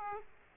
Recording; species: mosquito wingbeat signal from an infrared sensor; Aedes aegypti